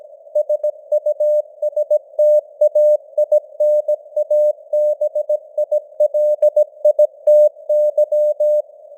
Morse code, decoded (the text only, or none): SUSTAINABILITY